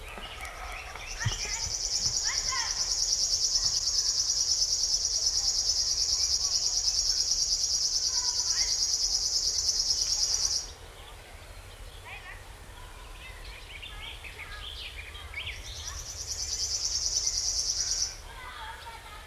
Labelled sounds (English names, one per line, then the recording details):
River Warbler song
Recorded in the wild
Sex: male
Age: adult
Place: Buckow, Märkische Schweiz, Brandenburg, DE
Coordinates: 52.5708, 14.0778
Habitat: riverine vegetation
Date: 1978-07-01 18:50
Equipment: Uher CR 210, Sennheiser MD 421 SH, Verstärker, Kopie Uher 4200
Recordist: Tembrock, Günter